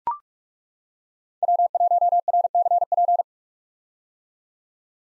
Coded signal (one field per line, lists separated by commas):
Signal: Morse code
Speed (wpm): 41 wpm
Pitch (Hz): 700 Hz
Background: none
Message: W1RCP